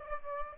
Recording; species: mosquito wingbeat signal from an infrared sensor; Aedes aegypti